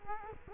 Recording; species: mosquito wingbeat signal from an infrared sensor; Culex quinquefasciatus